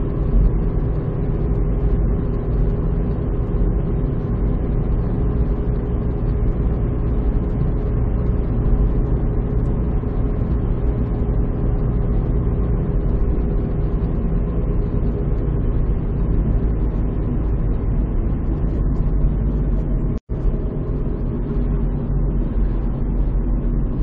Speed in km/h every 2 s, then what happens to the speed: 62, 63, 64, 64, 64, 63, 61, 58, 57, 55, 50, 47.
0-10 steady at about 63. 10-24 slows to 47.